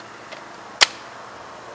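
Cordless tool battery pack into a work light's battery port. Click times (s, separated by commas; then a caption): 0.8 s. An 18V Ryobi tool battery pack is pushed into the battery port of a Ryobi LED tripod light, with a faint tick near 0.3 s before a single loud, sharp click at 0.8 s. The pack seats in the port with no issues.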